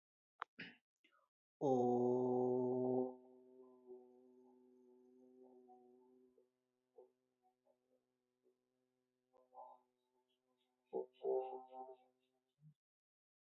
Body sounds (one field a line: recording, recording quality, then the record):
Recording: sustained vowel as in boot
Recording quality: excellent, no background noise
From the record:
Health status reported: healthy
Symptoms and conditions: none ticked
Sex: male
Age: 27 years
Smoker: not ticked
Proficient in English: yes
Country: India